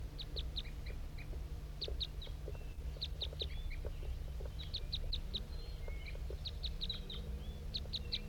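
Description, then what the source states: Crossbill flight calls, short sharp chips in paired and clustered bursts repeating throughout, over a continuous low rumble. Wild bird flying high overhead in undulating flight over a hilltop, at 8:21.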